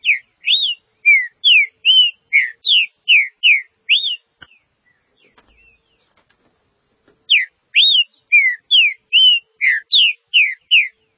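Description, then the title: Green-winged saltator song: a phrase of loud whistled slurs, a silent gap of about three seconds, then the same phrase repeated. "Trinca Ferro"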